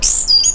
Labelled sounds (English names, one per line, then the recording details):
Stitchbird song
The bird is a male
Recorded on Tiritiri Matangi Island, New Zealand, in 2005
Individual 12, of nest box 16